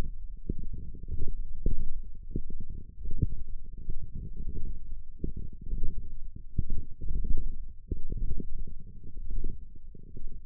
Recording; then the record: forearm muscle sounds (acoustic myography)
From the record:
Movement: radial deviation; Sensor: system 1, eight BSWA MPA416 microphones around the upper forearm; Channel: 5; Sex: female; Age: 20 years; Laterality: right